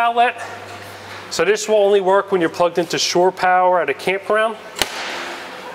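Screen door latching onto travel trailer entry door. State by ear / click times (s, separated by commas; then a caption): seated / 4.8 s. On a 2023 Airstream Bambi 16RB travel trailer, the screen door is latched to the main entry door so it won't blow around on a windy day. Someone talks, then a sharp snap sounds at 4.8 seconds as the latch engages and the screen door seats against the entry door.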